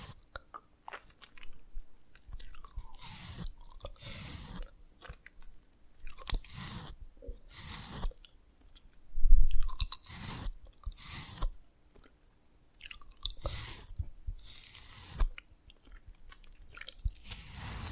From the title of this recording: Dalgona Candy Challenge Tapping, Cracking Triggers